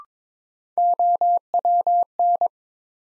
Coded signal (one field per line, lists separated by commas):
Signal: Morse code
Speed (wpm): 21 wpm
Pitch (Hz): 700 Hz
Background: none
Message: OWN